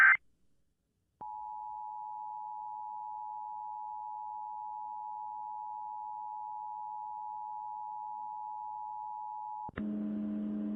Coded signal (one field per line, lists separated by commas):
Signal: Emergency Alert System (SAME) tones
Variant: 853 and 960 Hz attention tone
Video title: Connecticut Statewide EAS Test of 9/20/2022